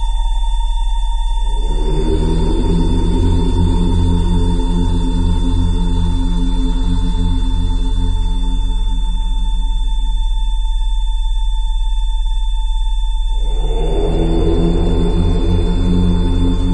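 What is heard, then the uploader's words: A steady 3520 Hz tone holds throughout beside a lower whine and constant hum, while a deep pulsing rumble swells in twice. 3520HZ third eye activation frequency.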